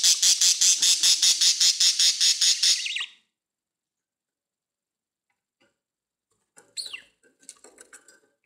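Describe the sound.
Budgerigar harsh rapid squawking, a pulsed burst for about three seconds, then silence and a few soft chatters near the end.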